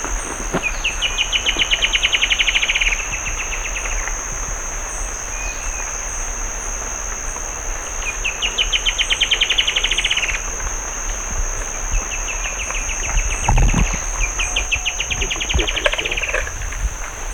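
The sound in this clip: Bird trills: rapid series of high clicking notes, each burst lasting about two seconds and repeating several times, over a steady high insect-like whine and low rumbling noise.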